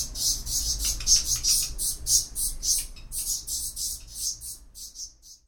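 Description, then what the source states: Black redstart with a run of high, hissy chirps that grow fainter and more spaced before stopping. Nesting in Isländische Straße, in wall niches and even on balconies; call described as rough and clipped, heard as 'hik tek tek'.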